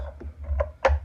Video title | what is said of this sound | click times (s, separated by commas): CLEANING A HYDRAULIC MOTOR LOWRIDER HYDRAULICS | there it is. You see it at the bottom, it snapped into place. | 0.8 s